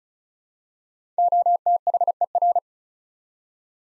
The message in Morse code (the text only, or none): OTHER